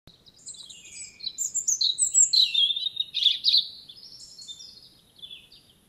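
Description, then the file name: European robin pouring out a continuous, rambling song of high, thin whistles and fast jangling trills that swell in the middle, then soften. "Erithacus rubecula"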